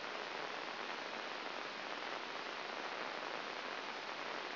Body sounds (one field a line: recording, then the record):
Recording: brain microelectrode recording played as sound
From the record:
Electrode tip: inside the subthalamic nucleus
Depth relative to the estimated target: 2 mm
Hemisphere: right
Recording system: AlphaMap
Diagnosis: Parkinson's disease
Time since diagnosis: 19 years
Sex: male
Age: 59 years